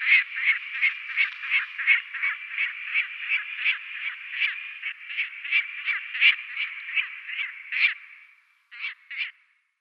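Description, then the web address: Lanner falcon calling a long series of grating kek notes, then a short gap and two last notes. "Schulze Peter Lanner Falcon"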